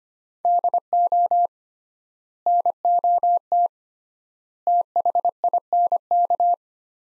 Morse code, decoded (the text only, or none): DO NOT THINK